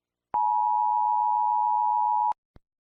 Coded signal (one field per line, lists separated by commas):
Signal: Emergency Alert System (SAME) tones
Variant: 853 and 960 Hz attention tone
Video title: USA EAS Alarm